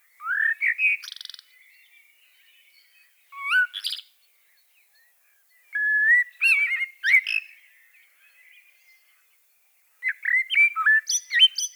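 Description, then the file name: Common blackbird song, four separate phrases of flute-like whistles each ending in a scratchy high twitter, with quiet pauses of around two seconds between them. "Turdus merula"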